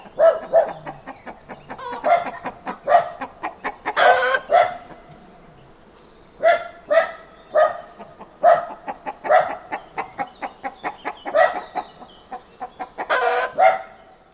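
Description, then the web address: Chicken clucks in bursts with short pauses, some louder squawks standing out. Farmyard with chickens; traffic-free background; sound effects library recording. "Hollywood Edge Historical Series Traffic Free BG's Farmyard With Chickens Ducks"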